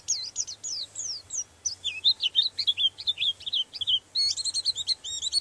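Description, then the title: White-eye giving a continuous, rapid, high-pitched warbling twitter of sliding notes over a faint low hum. "Pleci"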